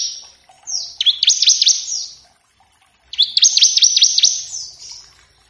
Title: Ciblek ngebren variasi masteran & pancingan ciblek